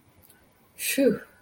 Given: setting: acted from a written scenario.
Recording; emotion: vocal sound without words; relief